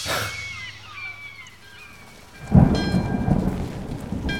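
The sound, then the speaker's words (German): Steady rain hisses throughout, then a deep rumble of thunder swells in around the midpoint and rolls on loudly to the end, with faint tonal chirps above the downpour. “An einem bewölkten Gewittertag Ende August wurde der Sarg mit Massiminas Leichnam in die Familiengruft der Trevisans auf dem Friedhof von Verona gebracht.”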